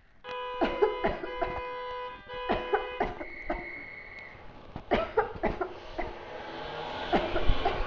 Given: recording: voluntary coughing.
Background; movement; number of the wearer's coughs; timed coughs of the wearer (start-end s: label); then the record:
traffic; sitting; 11
0.59-0.94 s: cough
1.01-1.32 s: cough
1.40-1.66 s: cough
2.47-2.83 s: cough
2.98-3.24 s: cough
3.47-3.68 s: cough
4.88-5.30 s: cough
5.41-5.77 s: cough
5.92-6.16 s: cough
7.10-7.44 s: cough
7.54-7.78 s: cough
From the record:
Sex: female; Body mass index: 18.8 kg/m2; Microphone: on the chest, facing outward